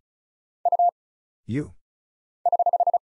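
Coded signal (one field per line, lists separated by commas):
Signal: Morse code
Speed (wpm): 34 wpm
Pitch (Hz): 700 Hz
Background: none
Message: U <HH>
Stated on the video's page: Morse practice at 35 wpm, random single letters, numbers, punctuation and prosigns with very short gaps, for instant character recognition.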